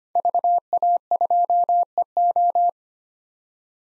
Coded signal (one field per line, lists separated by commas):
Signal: Morse code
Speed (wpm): 25 wpm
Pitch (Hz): 700 Hz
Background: none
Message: VA2EO